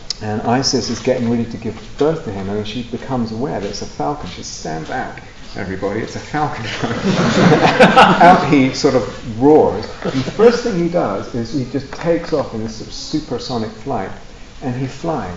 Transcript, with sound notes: And Isis is getting ready to give birth to him, and she becomes aware that it's a falcon. She says, "Stand back, everybody, it's a falcon." [laughter] Out he sort of roars. The first thing he does is, he just takes off on this supersonic flight, and he flies.